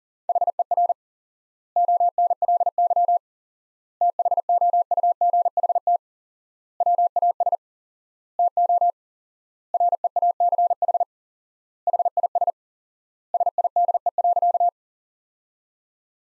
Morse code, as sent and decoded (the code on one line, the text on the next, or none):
.... . .-. / --- -. .-.. -.-- / - .... --- ..- --. .... - / .-- .- ... / - --- / .-. . .- -.-. .... / .... .. ... / ... .. -.. . .-.-.-
HER ONLY THOUGHT WAS TO REACH HIS SIDE.